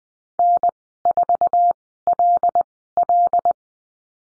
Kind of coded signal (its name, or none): Morse code